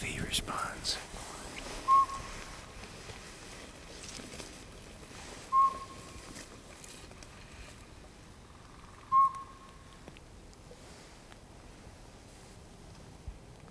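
Owl giving short, pure whistled toots, one every three to four seconds, three in all, over a soft steady background hiss.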